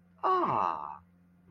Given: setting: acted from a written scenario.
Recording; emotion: vocal sound without words; realization